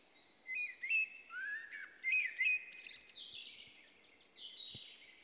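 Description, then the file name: Common blackbird singing a short warbled phrase of clear whistles, then a run of thin high squeaky notes and twitters. "Turdus merula"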